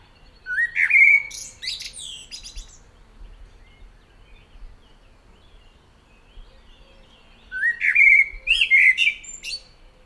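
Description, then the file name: Common blackbird song: two melodious whistled phrases, each closing with squeaky high twitters, separated by a pause of several seconds. "Turdus merula"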